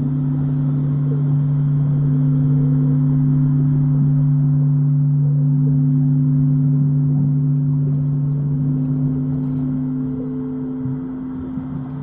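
Singing bowls hum in a deep, steady drone, two low tones held unbroken for the whole twelve seconds. Soft rumbling and faint murmuring textures drift underneath, with a brief higher tone appearing near the end as the sound eases slightly quieter.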